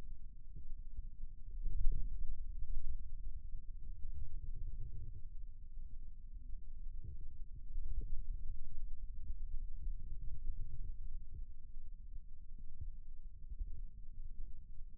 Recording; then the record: forearm muscle sounds (acoustic myography)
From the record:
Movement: ulnar deviation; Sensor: system 2, bracelet of six BSWA MPA416 microphones around the upper forearm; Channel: 1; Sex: male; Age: 22 years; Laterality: right